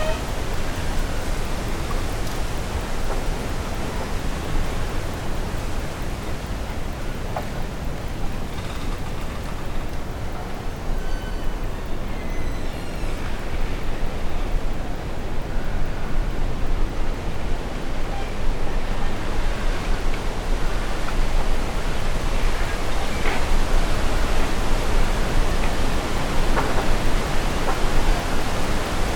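Wind moves through trees in a steady, dense rush that holds nearly level for the whole stretch, heavy in the low end with a soft hiss above. Faint brief rustles and a few thin, higher chirps surface now and then, especially around the middle.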